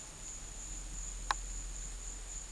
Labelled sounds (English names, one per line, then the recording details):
none
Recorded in pastures near Puerto Asís, Putumayo, Colombia, on 21 December 2024 at 13:00
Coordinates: 0.472, -76.329
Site G072